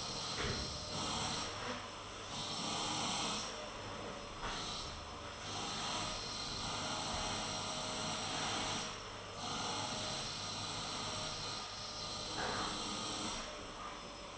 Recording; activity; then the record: daily activity, microphone in the room; vacuum cleaning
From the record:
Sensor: 4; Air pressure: 996.0 hPa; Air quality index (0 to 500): 47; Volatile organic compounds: 1 ppm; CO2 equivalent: 751 ppm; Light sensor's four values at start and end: 18/48/18/20 and 18/48/19/20